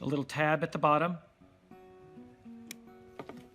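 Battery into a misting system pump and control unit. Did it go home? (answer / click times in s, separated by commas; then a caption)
yes / 2.7 s. Someone talks over background music while a battery is pressed, tab at the bottom first, into a SolaMist misting system pump and control unit. A sharp snap at 2.7 s marks the battery seating in its holder, followed by a couple of softer clicks around 3.2 and 3.3 s.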